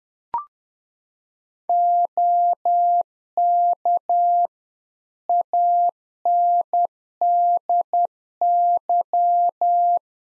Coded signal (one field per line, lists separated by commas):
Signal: Morse code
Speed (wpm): 10 wpm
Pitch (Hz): 700 Hz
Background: none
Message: OK ANDY